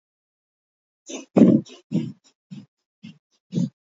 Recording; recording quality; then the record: shallow breathing; excellent, no background noise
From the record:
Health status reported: healthy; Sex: female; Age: 39 years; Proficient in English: yes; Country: India